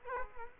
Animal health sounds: mosquito wingbeat signal from an infrared sensor; Culex quinquefasciatus

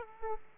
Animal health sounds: mosquito wingbeat signal from an infrared sensor; Aedes aegypti

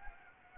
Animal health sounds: mosquito wingbeat signal from an infrared sensor; Anopheles gambiae

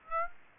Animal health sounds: mosquito wingbeat signal from an infrared sensor; Aedes aegypti

